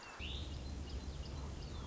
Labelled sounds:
Song Sparrow
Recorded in Sonoma County, California

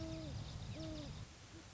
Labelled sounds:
Great Horned Owl
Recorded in Sonoma County, California

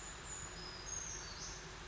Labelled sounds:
Brown Creeper
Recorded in Sonoma County, California

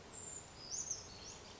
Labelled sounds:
Brown Creeper
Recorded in Sonoma County, California

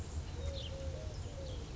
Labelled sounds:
Eurasian Collared Dove
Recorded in Sonoma County, California

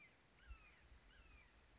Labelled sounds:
Red-shouldered Hawk
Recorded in Sonoma County, California

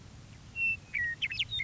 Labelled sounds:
Western Meadowlark
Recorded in Sonoma County, California

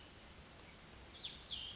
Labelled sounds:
Cassin's Vireo
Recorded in Sonoma County, California

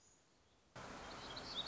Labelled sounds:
Black-throated Gray Warbler
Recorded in Sonoma County, California

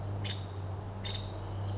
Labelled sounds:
Nuttall's Woodpecker
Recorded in Sonoma County, California

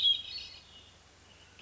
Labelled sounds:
Hermit Thrush
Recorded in Sonoma County, California

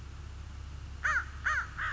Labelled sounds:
American Crow
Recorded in Sonoma County, California

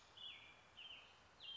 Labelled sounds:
American Robin
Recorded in Sonoma County, California

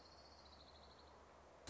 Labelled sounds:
Orange-crowned Warbler
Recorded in Sonoma County, California

